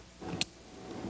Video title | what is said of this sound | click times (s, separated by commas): New Mac ram installation part 2 | place it in the slot at a 45 degree angle gently press down and rotate It Forward you'll hear it click into place | 0.4 s